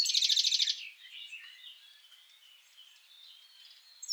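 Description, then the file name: European goldfinch calls: a loud, rapid buzzy trill for under a second, then faint thin twittering notes trailing on, with a brief bright note at the end. "Carduelis carduelis"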